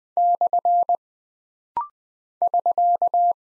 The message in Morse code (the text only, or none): / <SK>